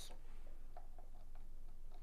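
An EEG cap's connector is turned so its arrow side matches the arrow on the amplifier's connector box and is lined up before being pushed down. Only small, faint handling ticks are heard, around 0.8 s and 2.0 s, over a low steady hum. Nothing has seated or clicked yet.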